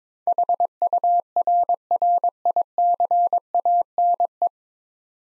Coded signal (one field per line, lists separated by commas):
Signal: Morse code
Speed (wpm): 22 wpm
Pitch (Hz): 700 Hz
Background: none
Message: HURRICANE